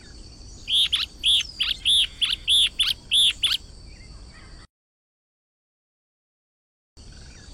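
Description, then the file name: Yellow-bellied elaenia song, a quick run of several high, harsh notes lasting about three seconds, followed by a pause. "Canto do Guaracava de barriga amarela"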